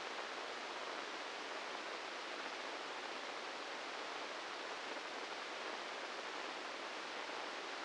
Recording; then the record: brain microelectrode recording played as sound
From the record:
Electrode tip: inside the subthalamic nucleus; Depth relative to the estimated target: -3 mm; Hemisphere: right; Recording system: NeuroSet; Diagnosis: Parkinson's disease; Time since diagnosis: 13 years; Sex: male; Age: 66 years